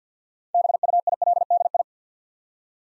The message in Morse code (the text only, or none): BUILDI